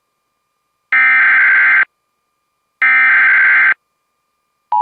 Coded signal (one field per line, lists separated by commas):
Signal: Emergency Alert System (SAME) tones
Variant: header bursts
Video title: (Very Rare) Fire Warning on WJON (EAS #600)